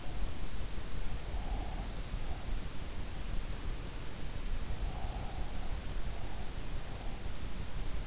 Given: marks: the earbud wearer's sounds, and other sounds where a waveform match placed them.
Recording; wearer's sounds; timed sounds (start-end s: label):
sounds in sleep by an in-ear microphone; breath
4.88-5.51 s: breath